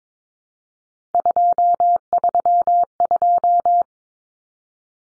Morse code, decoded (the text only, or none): 232